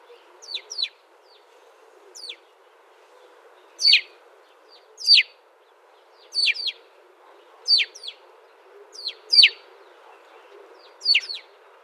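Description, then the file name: House sparrow calls: bright single and paired chirps at irregular intervals, above faint steady background noise. "Passer domesticus"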